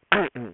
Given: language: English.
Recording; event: throat vibration sensor signal played as sound; throat clearing